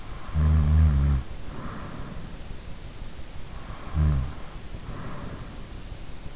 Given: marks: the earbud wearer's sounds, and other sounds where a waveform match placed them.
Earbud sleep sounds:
sounds in sleep by an in-ear microphone; snoring breath
0.06-1.91 s: snoring breath
3.81-5.28 s: snoring breath

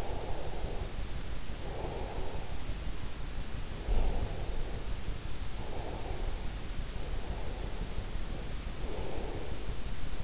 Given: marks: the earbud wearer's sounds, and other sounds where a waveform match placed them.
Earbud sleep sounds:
sounds in sleep by an in-ear microphone; breath
0.00-2.91 s: breath
3.42-7.02 s: breath
7.16-10.24 s: breath

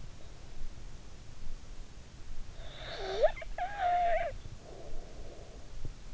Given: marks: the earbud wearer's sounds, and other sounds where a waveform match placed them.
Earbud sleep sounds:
sounds in sleep by an in-ear microphone; snoring breath
2.55-5.63 s: snoring breath

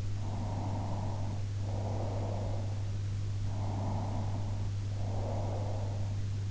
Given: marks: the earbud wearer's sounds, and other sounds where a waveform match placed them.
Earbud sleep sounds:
sounds in sleep by an in-ear microphone; breath
0.29-2.84 s: breath
3.63-6.09 s: breath

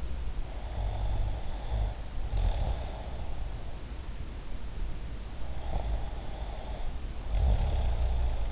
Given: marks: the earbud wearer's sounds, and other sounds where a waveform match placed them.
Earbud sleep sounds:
sounds in sleep by an in-ear microphone; snoring breath
0.54-3.37 s: snoring breath
5.49-8.52 s: snoring breath

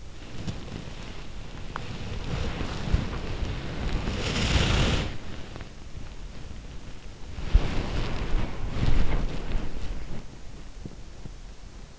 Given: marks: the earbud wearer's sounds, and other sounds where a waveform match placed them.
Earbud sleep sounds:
sounds in sleep by an in-ear microphone; body movement, teeth grinding
0.00-11.99 s: body movement
1.56-1.96 s: teeth grinding

